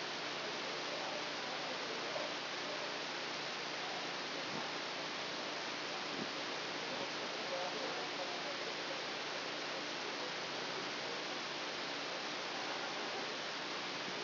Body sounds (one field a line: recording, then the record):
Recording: brain microelectrode recording played as sound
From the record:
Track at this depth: outside the subthalamic nucleus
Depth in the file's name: -0.483 mm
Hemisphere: left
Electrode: 2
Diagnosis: Parkinson's disease